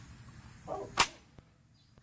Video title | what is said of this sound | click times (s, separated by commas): New Rhyobi power tool kit + review & talk | Got a good click. | 1.0 s